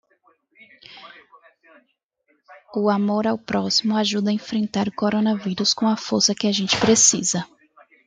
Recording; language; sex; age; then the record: spoken sentence; Brazilian Portuguese; female; 20 to 29 years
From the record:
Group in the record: control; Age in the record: 22 years